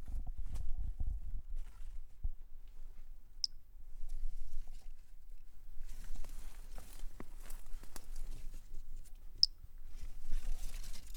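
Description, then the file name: Three-toed pumpkin toadlet producing two isolated tiny high pings six seconds apart, over rustling and scratchy background noise. Individual 09, collected as specimen MHNCI 10730; recorded by M.R. Bornschein on 10 March 2016. "Brachycephalus tridactylus individual 09 collected MHNCI 10730 by MR Bornschein 160310"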